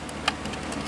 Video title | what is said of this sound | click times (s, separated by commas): Computer Rebuild. | cable goes right there pops into place | 0.3 s